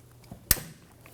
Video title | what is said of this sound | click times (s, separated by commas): How to Replace Vapor Canister Vent Solenoid 2008-2011 Ford Focus 2.0L L4 | There it is. We just heard it click in. | 0.5 s